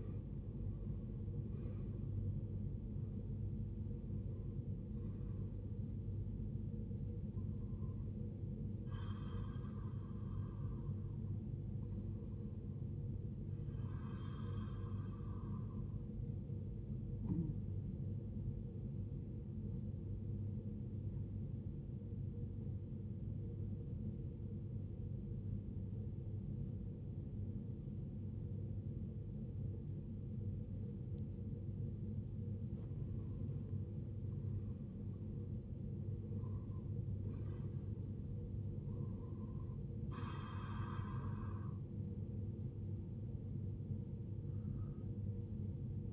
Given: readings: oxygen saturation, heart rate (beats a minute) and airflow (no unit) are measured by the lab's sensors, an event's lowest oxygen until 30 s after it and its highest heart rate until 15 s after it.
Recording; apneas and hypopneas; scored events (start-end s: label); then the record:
breathing in sleep by a smartphone at the bedside; 1
24.00-34.50 s: obstructive apnea (N1, oxygen 95% highest, then 83% lowest, heart rate 67 at the start, 75 highest)
From the record:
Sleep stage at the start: N1 (lightest sleep); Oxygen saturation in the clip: 76 to 95%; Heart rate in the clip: 51 to 86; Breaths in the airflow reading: 8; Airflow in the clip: -15.9 to 14.3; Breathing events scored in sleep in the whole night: 389 in 6.3 hours asleep